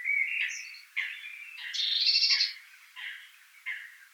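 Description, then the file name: Eurasian blue tit calling amid busy twittering, one rasping buzzy churr in the middle and chirpy notes around it. "Cyanistes caeruleus"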